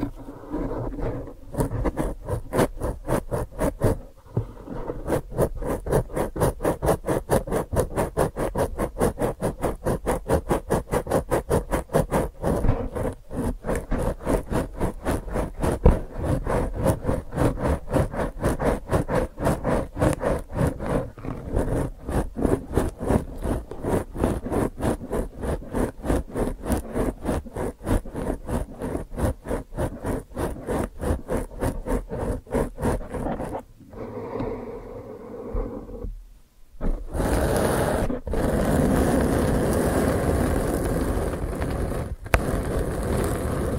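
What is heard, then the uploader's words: ASMR brain-flossing sounds: rapid, steady tapping and scratching for half a minute, a brief lull, then a denser, continuous rubbing texture. ASMR Brain Flossing (No Talking).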